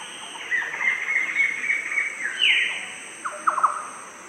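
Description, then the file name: Red-breasted Paradise Kingfisher call: a drawn-out whistled note near steady pitch, then a short sharp note and a quick run of short chips, over a constant high insect hum. "suara cekakak pita dada jingga"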